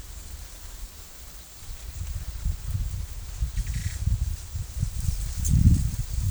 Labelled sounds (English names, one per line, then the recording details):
none
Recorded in pastures near Puerto Asís, Putumayo, Colombia, on 22 December 2024 at 13:00
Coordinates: 0.487, -76.322
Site GP09